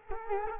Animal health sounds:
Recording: mosquito wingbeat signal from an infrared sensor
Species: Culex quinquefasciatus

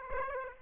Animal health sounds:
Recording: mosquito wingbeat signal from an infrared sensor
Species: Aedes aegypti

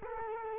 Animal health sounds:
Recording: mosquito wingbeat signal from an infrared sensor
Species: Culex quinquefasciatus

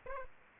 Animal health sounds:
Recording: mosquito wingbeat signal from an infrared sensor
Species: Aedes aegypti

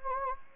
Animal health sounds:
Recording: mosquito wingbeat signal from an infrared sensor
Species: Anopheles gambiae

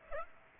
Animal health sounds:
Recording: mosquito wingbeat signal from an infrared sensor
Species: Aedes aegypti

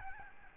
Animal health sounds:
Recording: mosquito wingbeat signal from an infrared sensor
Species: Aedes albopictus

